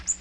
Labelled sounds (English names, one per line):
Magnolia Warbler flight call